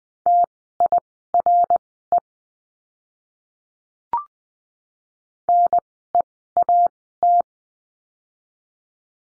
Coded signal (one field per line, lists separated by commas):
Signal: Morse code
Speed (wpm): 20 wpm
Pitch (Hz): 700 Hz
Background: none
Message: TIRE NEAT